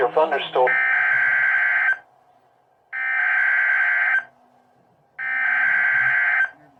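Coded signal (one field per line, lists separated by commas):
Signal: Emergency Alert System (SAME) tones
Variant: header bursts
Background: speech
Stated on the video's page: Alerts from the remnants of Hurricane Beryl.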